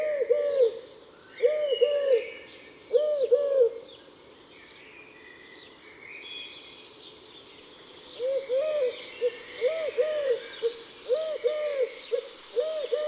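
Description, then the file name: Eurasian collared dove giving repeated low coos in three-part phrases, pausing for several seconds midway before resuming; small birds twitter throughout the background. "Tourterelle turque"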